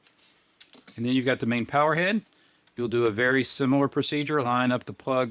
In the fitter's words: Just push them until they click.